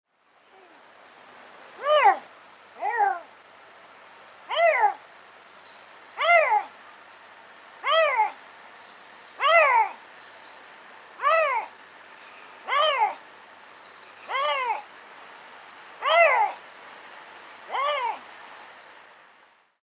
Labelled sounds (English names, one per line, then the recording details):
Eurasian Lynx
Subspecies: lynx
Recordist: Tembrock, Günter
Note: Männchen: Rufreihe